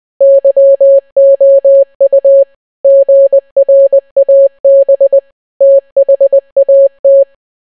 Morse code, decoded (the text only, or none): YOU GRAB THAT